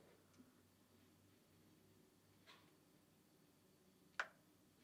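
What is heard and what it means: A Fisher & Paykel tub ring strap, part #420978P, is pulled into the washer's tub ring hole on the other side. After faint quiet rustles and a soft scrape near 2.5 s, a sharp snap at 4.2 s marks the strap seating into place.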